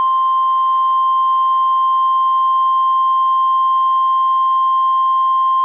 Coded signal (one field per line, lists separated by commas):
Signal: Emergency Alert System (SAME) tones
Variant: 1050 Hz attention tone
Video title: RWT | EAS #21